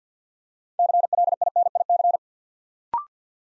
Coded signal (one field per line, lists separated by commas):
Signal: Morse code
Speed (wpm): 50 wpm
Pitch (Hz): 700 Hz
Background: none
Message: CLINIC